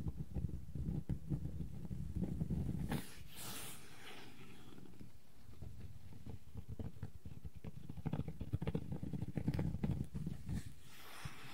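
Wooden objects tap and scratch in a dense, irregular clatter of quick knocks that sounds almost like hooves. A brighter scraping rush rises around three to four seconds. Busier rapid tapping returns from about eight to eleven seconds before it thins out.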